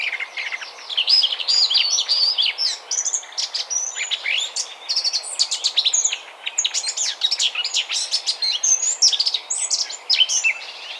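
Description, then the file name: Eurasian blackcap song, a fast, dense warble of high twittering and chattering notes running almost nonstop for the whole stretch. "Sylvia atricapilla"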